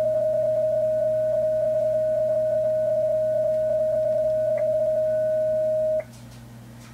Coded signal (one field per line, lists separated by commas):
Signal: PSK31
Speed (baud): 31.25 baud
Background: radio noise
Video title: PSK-31 Portable